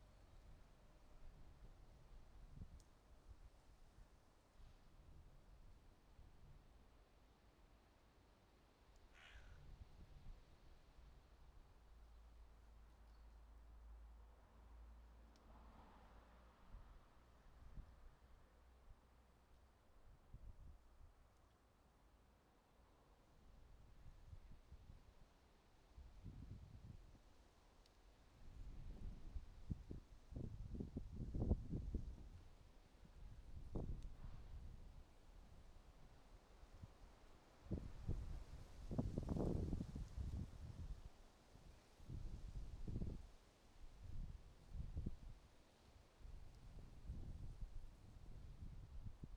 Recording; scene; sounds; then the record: everyday scene through a hearing-aid microphone; wind on the microphone; wind, traffic, birds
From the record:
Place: suburban garden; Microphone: in the ear canal, right